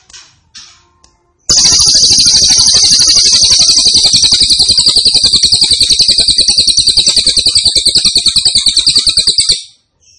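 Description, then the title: Grey-cheeked tit-babbler song, a few soft notes, then a long, rapid, steady high-pitched trill. Actively singing (gacor) with a strong voice. "Cililin AMPUH 5. Cililin Gacor Suara Mantap"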